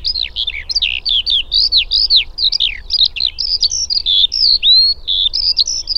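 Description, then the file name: Eurasian skylark song made of rapid, downslurred chirps and brief trills, delivered in short bursts with tiny gaps between them. "alauda arvensis"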